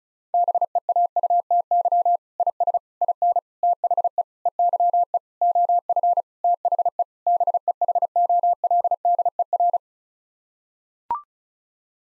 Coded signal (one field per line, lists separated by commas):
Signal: Morse code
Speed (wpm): 36 wpm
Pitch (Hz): 700 Hz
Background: none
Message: BEAUTY IS IN THE EYE OF THE BEHOLDER